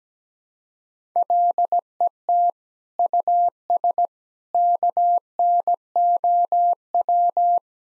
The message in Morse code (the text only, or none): LET US KNOW